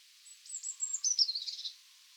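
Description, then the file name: Eurasian blue tit call: thin, high, slightly descending notes running into a soft, buzzy chatter over light background hiss. "Cyanistes caeruleus"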